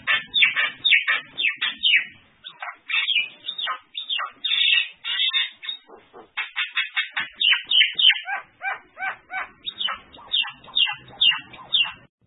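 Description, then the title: Bird singing a fast, busy stream of sharp chirps and trills, repeated phrases tumbling quickly with brief pauses between bursts. Recording made for masteran (song tutoring of cage birds). "LuckyBurung MasteranBest"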